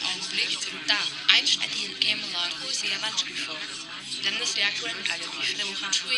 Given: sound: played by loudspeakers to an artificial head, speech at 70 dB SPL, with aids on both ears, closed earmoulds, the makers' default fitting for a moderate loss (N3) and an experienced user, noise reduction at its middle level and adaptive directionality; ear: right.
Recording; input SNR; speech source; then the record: speech test signal (ISTS) in cocktail-party noise; -3 dB; on the right (90 degrees)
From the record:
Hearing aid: class 1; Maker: B